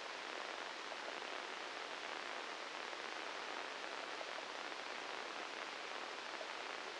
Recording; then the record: brain microelectrode recording played as sound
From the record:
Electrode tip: inside the subthalamic nucleus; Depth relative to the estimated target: 0 mm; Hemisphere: left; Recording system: NeuroSet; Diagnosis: Parkinson's disease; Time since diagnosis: 8 years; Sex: male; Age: 37 years